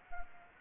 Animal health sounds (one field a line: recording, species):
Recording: mosquito wingbeat signal from an infrared sensor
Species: Anopheles gambiae